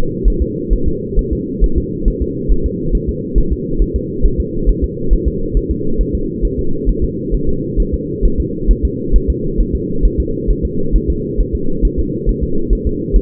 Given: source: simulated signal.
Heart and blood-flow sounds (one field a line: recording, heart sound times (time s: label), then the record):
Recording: fetal heart sounds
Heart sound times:
0.28 s: S1
0.42 s: S2
0.73 s: S1
0.88 s: S2
1.19 s: S1
1.33 s: S2
1.64 s: S1
1.78 s: S2
2.08 s: S1
2.22 s: S2
2.52 s: S1
2.66 s: S2
2.95 s: S1
3.09 s: S2
3.38 s: S1
3.53 s: S2
3.82 s: S1
3.96 s: S2
4.25 s: S1
4.40 s: S2
4.69 s: S1
4.84 s: S2
5.13 s: S1
5.28 s: S2
5.57 s: S1
5.71 s: S2
6.01 s: S1
6.15 s: S2
6.45 s: S1
6.59 s: S2
6.89 s: S1
7.04 s: S2
7.34 s: S1
7.49 s: S2
7.80 s: S1
7.94 s: S2
8.25 s: S1
8.40 s: S2
8.71 s: S1
8.85 s: S2
9.16 s: S1
9.30 s: S2
9.60 s: S1
9.75 s: S2
10.05 s: S1
10.20 s: S2
10.50 s: S1
10.65 s: S2
10.95 s: S1
11.10 s: S2
11.41 s: S1
11.55 s: S2
11.85 s: S1
11.99 s: S2
12.29 s: S1
12.44 s: S2
12.73 s: S1
12.87 s: S2
13.16 s: S1
From the record:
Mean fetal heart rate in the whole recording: 135 bpm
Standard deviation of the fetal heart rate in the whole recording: 3 bpm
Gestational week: 36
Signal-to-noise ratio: -8.1 dB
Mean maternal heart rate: 72 bpm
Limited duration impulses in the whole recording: absent